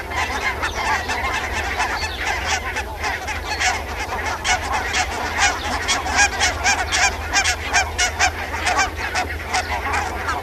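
Barnacle goose: barnacle geese in a noisy flock, sharp yelping honks tumbling over one another without pause, a busy continuous chatter with a low background hum.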